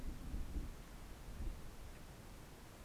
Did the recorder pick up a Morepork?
no